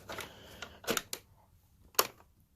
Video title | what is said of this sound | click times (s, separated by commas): Hoover Caddy Vac (U5110-900) Unboxing/Acquisition | Not much of a click, but that's okay. | 1.1 s, 2.0 s